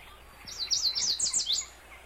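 Yellow warbler song, a single rapid phrase of high, sweet, slurred notes lasting just over a second against light background hiss.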